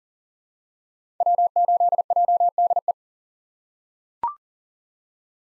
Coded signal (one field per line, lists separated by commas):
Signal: Morse code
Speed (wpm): 40 wpm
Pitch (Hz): 700 Hz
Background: none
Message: W8JDE